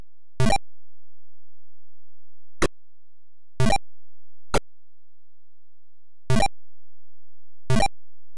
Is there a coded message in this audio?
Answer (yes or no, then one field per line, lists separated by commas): no